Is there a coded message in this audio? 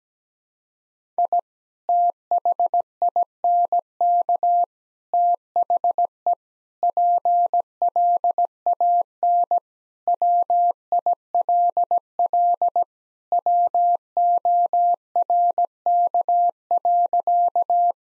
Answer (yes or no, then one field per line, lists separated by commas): yes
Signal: Morse code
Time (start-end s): 1.2-17.9 s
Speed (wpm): 17 wpm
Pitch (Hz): 700 Hz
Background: none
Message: I THINK THE PLAN WILL WORK.